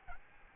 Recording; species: mosquito wingbeat signal from an infrared sensor; Aedes albopictus